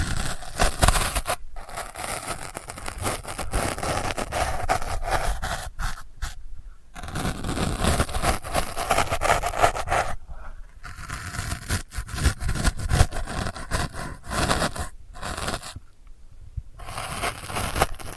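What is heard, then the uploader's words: Delicate scratching runs almost without pause, a dense, grainy rasp of fingernails working over a surface in quick, uneven strokes. Brief silences break it near 1.5, 6.5, 10.5 and 16 seconds before the scraping resumes with similar texture and steady, moderate loudness. ASMR Delicate Scratching for Sleep (No Talking).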